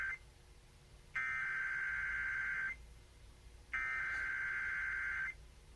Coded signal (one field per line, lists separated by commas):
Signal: Emergency Alert System (SAME) tones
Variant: header bursts